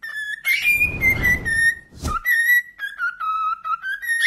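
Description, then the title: Cockatiel holding long, level whistled notes that slide gently between pitches, broken once by a brief rushing noise. Cockatiels singing and whistling. "Calopsitas Cantando Assobio"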